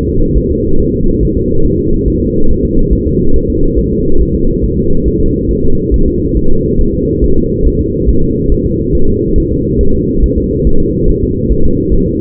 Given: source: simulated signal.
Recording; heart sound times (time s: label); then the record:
fetal heart sounds
0.09 s: S2
0.38 s: S1
0.52 s: S2
0.80 s: S1
0.94 s: S2
1.23 s: S1
1.37 s: S2
1.66 s: S1
1.80 s: S2
2.08 s: S1
2.22 s: S2
2.51 s: S1
2.65 s: S2
2.93 s: S1
3.07 s: S2
3.36 s: S1
3.50 s: S2
3.79 s: S1
3.93 s: S2
4.22 s: S1
4.35 s: S2
4.64 s: S1
4.78 s: S2
5.08 s: S1
5.22 s: S2
5.51 s: S1
5.65 s: S2
5.94 s: S1
6.08 s: S2
6.37 s: S1
6.51 s: S2
6.81 s: S1
6.95 s: S2
7.24 s: S1
7.38 s: S2
7.67 s: S1
7.81 s: S2
8.09 s: S1
8.23 s: S2
8.52 s: S1
8.66 s: S2
8.95 s: S1
9.09 s: S2
9.38 s: S1
9.52 s: S2
9.81 s: S1
9.95 s: S2
10.24 s: S1
10.38 s: S2
10.67 s: S1
10.81 s: S2
11.10 s: S1
11.23 s: S2
11.52 s: S1
11.66 s: S2
11.94 s: S1
12.07 s: S2
From the record:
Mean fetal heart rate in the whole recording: 140 bpm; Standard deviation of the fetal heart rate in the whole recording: 2 bpm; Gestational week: 34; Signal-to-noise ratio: -19.1 dB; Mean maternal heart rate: 72 bpm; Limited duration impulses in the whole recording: present